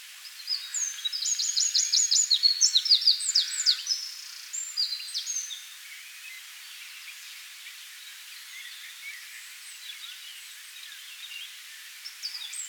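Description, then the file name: Eurasian wren singing a brisk, high-pitched strophe with a mechanical trill, followed by faint twitters and a soft background hiss. "Troglodytes troglodytes"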